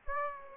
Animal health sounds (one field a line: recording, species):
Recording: mosquito wingbeat signal from an infrared sensor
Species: Aedes aegypti